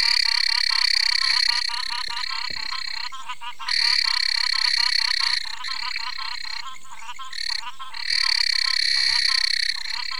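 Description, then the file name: Tournier's ridged frog chorus of fast pulsed calls, several callers overlapping throughout, loudness rising and falling. "Ptychadena tournieri"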